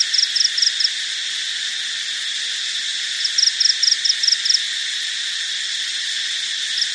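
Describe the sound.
Cricket chirps in bursts: a short run of pulsed high chirps, a pause of about two seconds, then a longer run, over steady high hiss.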